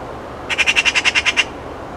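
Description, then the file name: Eurasian magpie rattle: one quick harsh burst of rapid grating notes, lasting about a second. "Pica pica"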